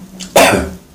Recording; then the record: coughing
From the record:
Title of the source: Residual Phlegmy Morning Coughing and Gagging